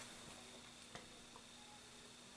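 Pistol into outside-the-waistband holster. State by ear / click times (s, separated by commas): seated / 0.9 s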